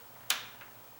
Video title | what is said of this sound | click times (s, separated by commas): How to Install a Deadbolt/is it Really Installed Properly?...Part 1 | got to be right there you hear that click | 0.3 s